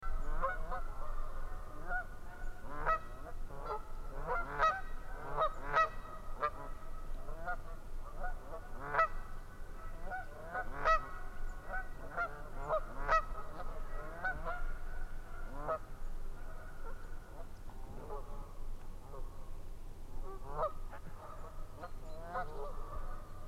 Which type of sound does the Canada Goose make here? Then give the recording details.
call. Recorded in the wild. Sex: group. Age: diverse. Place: Langasjönas, Blekinge, SE. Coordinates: 56.2286, 14.8522. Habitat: lake. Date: 2006-08-04. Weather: clear, ca. 15°C, no wind. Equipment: Marantz PMD 660, Sennheiser ME 66, Windkorb. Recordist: Frommolt, Karl-Heinz